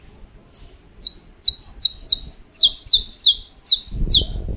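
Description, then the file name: Saffron finch song: high, sharp descending chirps in a rapid series, shifting mid-phrase to doubled notes, with a low rumble near the end. "Canto-do-Canário-da-Terra"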